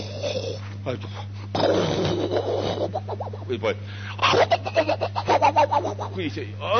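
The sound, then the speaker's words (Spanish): A voice imitates a sleeping brother-in-law's loud snoring, likened to a cage of lions, with rough, rasping bursts, followed by a quick run of shorter snorting pulses, set against a steady low hum and some speech. “Me parecía que era una jaula de leones, que hacía un...”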